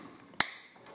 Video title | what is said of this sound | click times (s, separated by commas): Siemens EQ7 Kaffeeauslauf verstopft? - Anleitung zum Ausbauen und Erneuern - How to | reinklipsen Einbau | 0.4 s